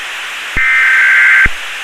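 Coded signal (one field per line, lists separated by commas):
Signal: Emergency Alert System (SAME) tones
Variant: header bursts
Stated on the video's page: Valid EAS tones from a failing cable box EAS interface.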